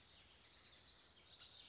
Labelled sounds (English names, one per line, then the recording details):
California Towhee
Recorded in Sonoma County, California